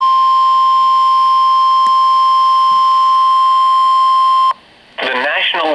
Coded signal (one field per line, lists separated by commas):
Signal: Emergency Alert System (SAME) tones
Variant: 1050 Hz attention tone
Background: speech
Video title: Severe Thunderstorm Warning - 09/05/20 (EAS #2,214)